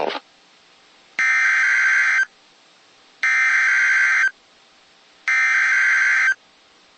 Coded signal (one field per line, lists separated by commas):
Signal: Emergency Alert System (SAME) tones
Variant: header bursts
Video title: Snow Squal Warning [EAS #54]